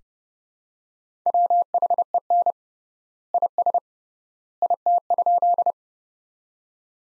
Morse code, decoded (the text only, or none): WHEN IS IT?